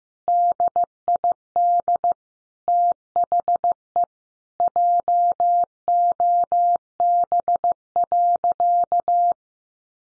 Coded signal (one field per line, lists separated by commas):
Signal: Morse code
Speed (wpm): 15 wpm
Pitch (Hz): 700 Hz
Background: none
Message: DID THE JOB.